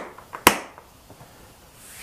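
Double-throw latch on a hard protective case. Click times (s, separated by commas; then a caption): 0.4 s, 0.5 s. A double-throw plastic latch on a Pelican 1560 hard protective case, fitted with Kaizen foam for a DJI Phantom 2, is closed in two stages. A lighter first click at 0.4 s is followed by a much louder, sharp second click at 0.5 s with a short fading tail, and faint ticks sit around them. The latch clicks shut and is seated.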